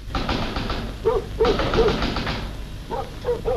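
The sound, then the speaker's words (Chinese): Knocking on a door in a scene from the film Family (家): a group of three firm, evenly spaced raps, a pause, then two more, set against a steady hiss of background noise with no voices. “有人敲门， 我先去看一看啊。”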